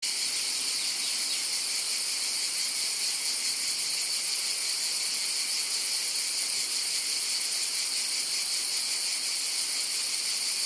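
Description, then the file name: Cicada song: a steady, unbroken high-pitched buzzing drone that holds at the same level throughout, with no pauses and no other clear sounds. "CIGALES"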